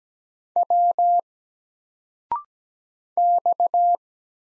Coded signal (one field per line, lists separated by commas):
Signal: Morse code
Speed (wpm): 17 wpm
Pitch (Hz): 700 Hz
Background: none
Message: W X